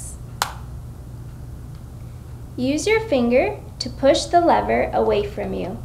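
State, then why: Seated. The thumb grip of a Diskus dry-powder disk inhaler's plastic outer cover is pushed away on the inhaler body until the cover latches fully open, giving a single sharp click at 0.4 s. After a short quiet stretch, someone talks.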